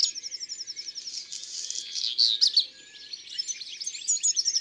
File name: Verdier-d Europe-ABC-des-chants-doiseaux